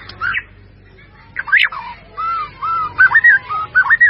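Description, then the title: White-rumped Shama song: a few clear, slurred whistles, rising and falling, delivered in short separated phrases. "murai batu"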